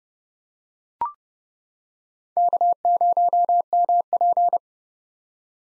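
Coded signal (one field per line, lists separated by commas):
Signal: Morse code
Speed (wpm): 31 wpm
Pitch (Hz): 700 Hz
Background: none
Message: K0MP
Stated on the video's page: Morse practice at 30 wpm of common SOTA chaser call signs, each sent twice.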